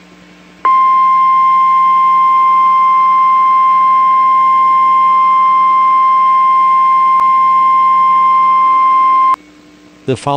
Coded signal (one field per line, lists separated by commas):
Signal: Emergency Alert System (SAME) tones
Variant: 1050 Hz attention tone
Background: speech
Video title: NOAA EAS TORNADO WATCH 3/10/21